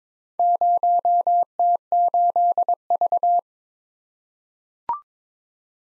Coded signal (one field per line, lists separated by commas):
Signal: Morse code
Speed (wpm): 23 wpm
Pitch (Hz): 700 Hz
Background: none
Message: 0T8V